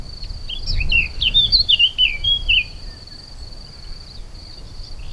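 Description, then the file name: Eurasian blackcap song: a short burst of fast, twisting warbled notes in the first half, followed by quiet with a steady high insect drone. "Sylvia atricapilla"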